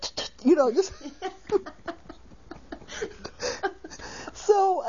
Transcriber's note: they laugh